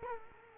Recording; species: mosquito wingbeat signal from an infrared sensor; Culex quinquefasciatus